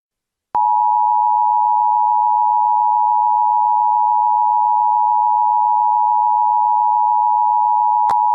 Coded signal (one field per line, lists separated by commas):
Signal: Emergency Alert System (SAME) tones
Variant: 853 and 960 Hz attention tone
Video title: EAS Mock - COVID-19